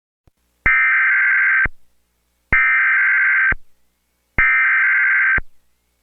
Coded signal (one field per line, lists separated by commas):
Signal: Emergency Alert System (SAME) tones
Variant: header bursts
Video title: Emergency alert system [HACKED ACCOUNT GEOTUBERS] March 3 2024. #savewahyu1039 #freewahyu1039